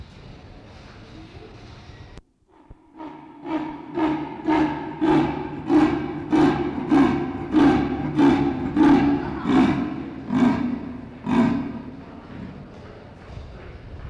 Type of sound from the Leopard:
call